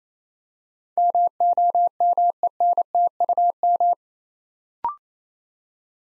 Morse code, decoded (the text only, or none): MOMENTUM